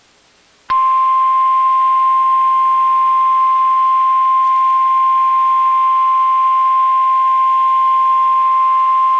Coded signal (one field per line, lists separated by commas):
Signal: Emergency Alert System (SAME) tones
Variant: 1050 Hz attention tone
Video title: EAS #311 (Flash Flood Warning)